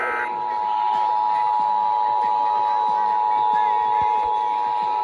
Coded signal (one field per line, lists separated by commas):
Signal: Emergency Alert System (SAME) tones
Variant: 853 and 960 Hz attention tone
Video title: 2022 Tsunami Communications Drill & Weekly Tests (EAS #1043-#1055)